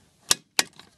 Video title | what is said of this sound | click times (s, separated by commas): USGI Canteen Set vs Russian VDV Canteen Set and Cooking Demo | it locks into place like this | 0.6 s